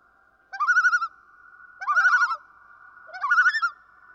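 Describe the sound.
Common loon tremolo: three wavering, laughing bursts about 1.3 seconds apart, over a steady faint tone.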